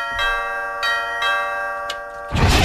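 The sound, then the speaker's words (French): An old doorbell rings with a sustained metallic tone, struck again several times at uneven intervals, before a loud burst of rustling noise cuts in at the end. “Sonnerie là, cette vieille sonnette là.”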